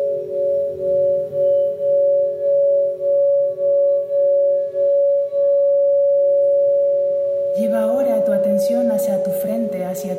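A Tibetan singing bowl rings with a steady, pure tone that pulses in a slow, even wobble for the first five seconds, then holds smooth. Around seven and a half seconds a voice begins speaking over the continuing hum, adding brighter, busier sound.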